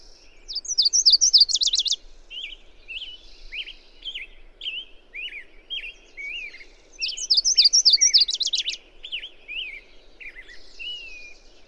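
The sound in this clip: Bird song twice, each a high phrase of slurred notes closing in a fast trill, with softer chirps between.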